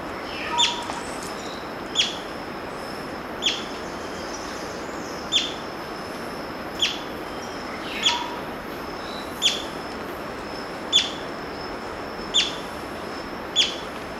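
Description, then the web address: Violet-fronted brilliant calling with crisp, high single chips repeated about every one and a half seconds, ten notes in a row against faint background hiss. Recorded in Ecuador. "Birds of Ecuador. Violet-fronted Brilliant"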